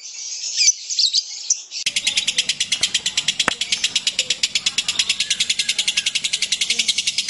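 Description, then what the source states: Lovebird song: a high scratchy chatter, then from about two seconds a long rapid rattling trill of evenly spaced pulses that runs on without a break to the end. Kept lovebird used as a master singer for other birds; long ngekek-style trill used as a lure call (kicau pancingan).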